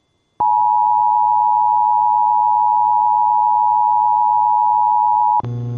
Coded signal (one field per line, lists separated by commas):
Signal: Emergency Alert System (SAME) tones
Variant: 853 and 960 Hz attention tone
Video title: EAS 1822: Law Enforcement Warning for Woodford KY